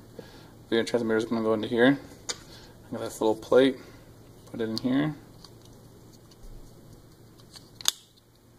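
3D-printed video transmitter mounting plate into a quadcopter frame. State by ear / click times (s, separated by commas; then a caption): seated / 7.9 s. A small 3D-printed plastic mounting plate for a video transmitter is pressed into an Armattan Armadillo quadcopter frame while someone talks. After a few faint clicks, a sharp click at 7.9 s marks the plate snapping into place.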